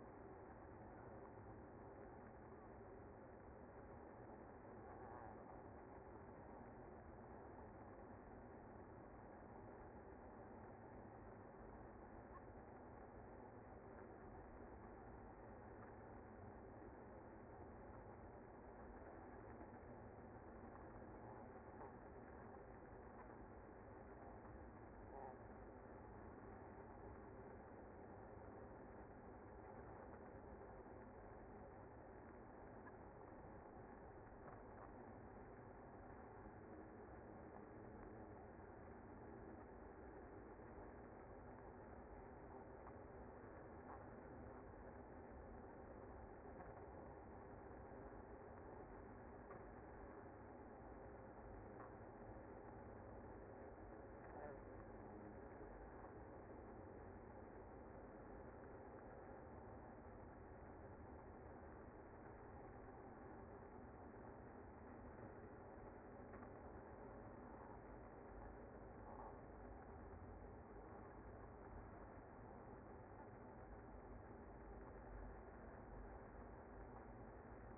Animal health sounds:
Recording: honeybee colony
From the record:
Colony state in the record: active

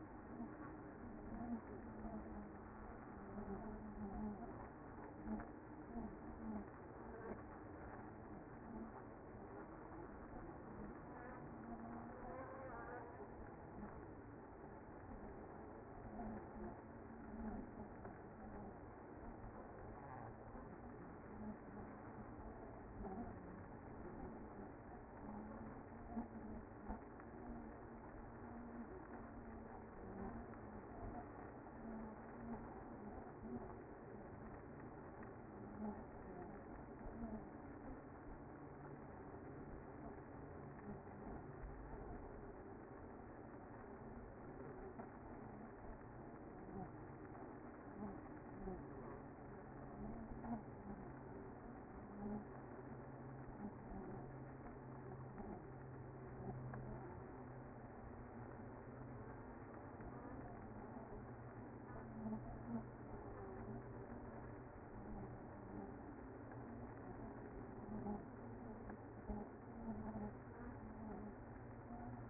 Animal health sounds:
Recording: honeybee colony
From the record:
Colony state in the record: active

